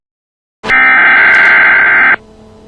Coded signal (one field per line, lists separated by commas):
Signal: Emergency Alert System (SAME) tones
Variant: header bursts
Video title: EAS Alert SALK NOPP